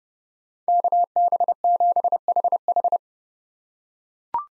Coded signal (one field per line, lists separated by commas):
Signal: Morse code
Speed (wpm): 32 wpm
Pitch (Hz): 700 Hz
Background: none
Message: KB7HH